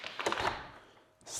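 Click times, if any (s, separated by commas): none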